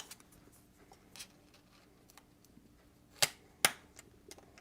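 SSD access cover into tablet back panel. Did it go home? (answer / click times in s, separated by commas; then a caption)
yes / 3.2 s, 3.6 s. The small SSD access door is pressed back into the back panel of a Microsoft Surface Pro 9 tablet, with faint taps and scrapes as it is briefly lined up. It then seats with two sharp snaps at 3.2 s and 3.7 s, the second the loudest, followed by a few quiet ticks.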